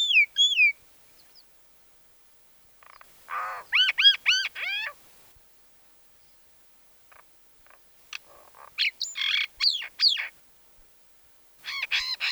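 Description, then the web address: Common myna calling with bursts of arched whistled notes and rasping chatter, separated by short silences. "soud Majna"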